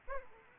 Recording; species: mosquito wingbeat signal from an infrared sensor; Aedes aegypti